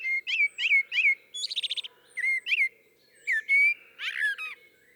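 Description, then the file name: Common blackbird delivering a run of mellow whistled warbles broken by short, high, scratchy twitters. "Turdus merula"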